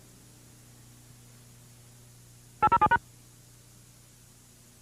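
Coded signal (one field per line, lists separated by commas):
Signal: DTMF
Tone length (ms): 70 ms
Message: 807#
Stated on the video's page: DTMF burst used for early cable TV headend signalling, found in a vintage cable TV recording.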